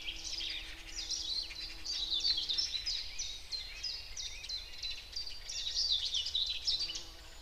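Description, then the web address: Common whitethroat song, a continuous run of quick scratchy notes and short chattering phrases, against a faint hum and background hiss. Recorded in the Spreewald. "ornithologie dorngrasmuecke 2 m 08 St We Spreewald"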